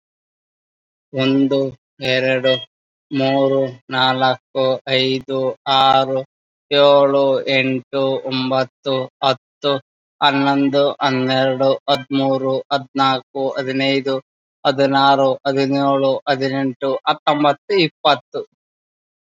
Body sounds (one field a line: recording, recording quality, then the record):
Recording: counting at a normal pace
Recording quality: excellent, no background noise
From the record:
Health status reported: COVID-19 positive, no symptoms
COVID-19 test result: positive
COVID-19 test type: RT-PCR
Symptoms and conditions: muscle pain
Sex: male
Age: 28 years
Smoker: no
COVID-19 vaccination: both doses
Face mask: not worn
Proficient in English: no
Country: India